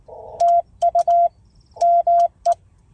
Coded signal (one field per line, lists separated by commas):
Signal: Morse code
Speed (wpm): 18 wpm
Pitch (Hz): 680 Hz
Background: none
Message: TU ME